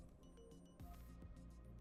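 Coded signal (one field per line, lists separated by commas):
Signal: none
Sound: game's techy sound effect beeps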